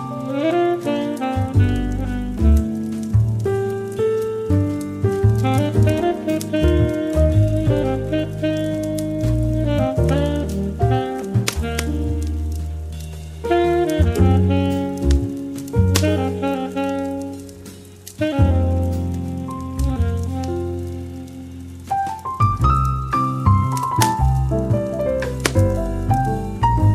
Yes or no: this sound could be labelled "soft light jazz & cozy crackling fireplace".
yes